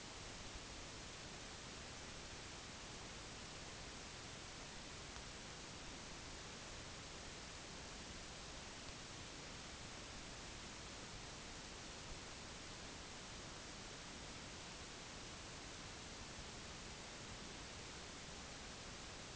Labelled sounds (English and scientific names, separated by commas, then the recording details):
none
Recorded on Arctic tundra, site NAIT-1, on 30 June 2019
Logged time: 06:00